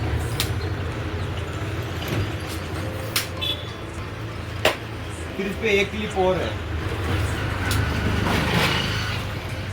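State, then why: Released. The three flip-lock clips on the legs of a laser level tripod are snapped open one after another, each giving a sharp hit at 0.4 s, 3.2 s and 4.7 s. Someone talks over a steady low hum. The clips are released so the tripod legs can extend.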